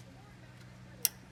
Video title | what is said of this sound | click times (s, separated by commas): 2014 Ford Fusion Coolant Leak | I heard that click | 1.1 s